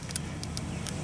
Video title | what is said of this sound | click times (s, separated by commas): $500 Civic Project. B Series Swap | snap right in. That one's in. | 0.2 s